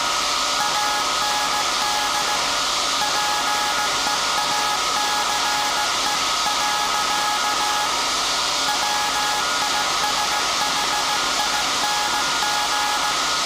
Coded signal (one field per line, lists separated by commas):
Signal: Morse code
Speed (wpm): 18 wpm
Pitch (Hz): 840 Hz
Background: none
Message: AND PEACE. WISHING